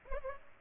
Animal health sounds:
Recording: mosquito wingbeat signal from an infrared sensor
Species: Culex pipiens

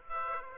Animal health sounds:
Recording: mosquito wingbeat signal from an infrared sensor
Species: Aedes aegypti

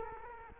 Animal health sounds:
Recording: mosquito wingbeat signal from an infrared sensor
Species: Culex quinquefasciatus

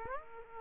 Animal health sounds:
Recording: mosquito wingbeat signal from an infrared sensor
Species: Aedes aegypti

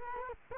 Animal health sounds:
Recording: mosquito wingbeat signal from an infrared sensor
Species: Culex quinquefasciatus

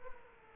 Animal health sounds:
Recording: mosquito wingbeat signal from an infrared sensor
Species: Culex quinquefasciatus

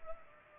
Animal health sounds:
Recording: mosquito wingbeat signal from an infrared sensor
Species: Culex pipiens

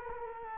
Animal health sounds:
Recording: mosquito wingbeat signal from an infrared sensor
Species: Culex quinquefasciatus

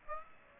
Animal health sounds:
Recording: mosquito wingbeat signal from an infrared sensor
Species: Aedes aegypti

